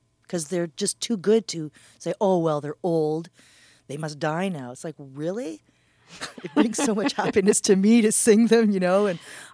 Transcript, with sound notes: Because they're just too good to say, oh well, they're old, they must die now. It's like, really?
(LAUGHTER)
It brings so much happiness to me to sing them, you know,